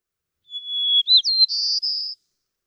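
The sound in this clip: White-crowned sparrow song: a long, steady clear whistle, then quick slurred notes and two buzzy, higher trills.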